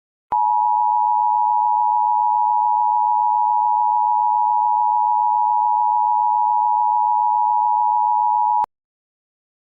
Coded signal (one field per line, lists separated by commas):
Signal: Emergency Alert System (SAME) tones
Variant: 853 and 960 Hz attention tone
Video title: Deleted DA77'S EAS Channel Video - EAS Recreation - Civil Authorities Tornado Warning